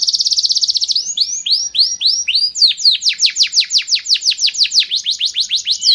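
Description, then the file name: Canary singing: a rapid high trill opens, followed by repeated whistled sweeps, several a second, strong and continuous. Canary of the Sekar Jagad variety. "kenari sekar jagad"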